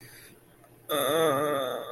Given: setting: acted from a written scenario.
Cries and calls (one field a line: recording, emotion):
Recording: vocal sound without words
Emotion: sadness